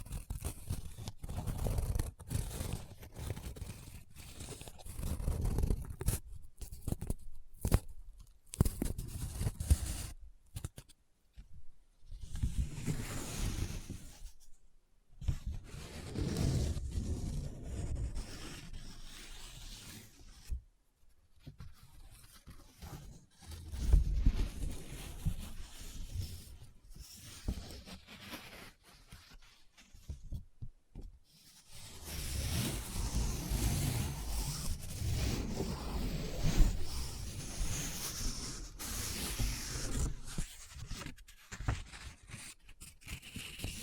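Close-up paper being folded, rubbed and crinkled in uneven bursts, with short gaps of near silence between handlings. Sharp crackles and dry scratches come and go throughout, and the longest, densest rustling stretches fill roughly the last dozen seconds.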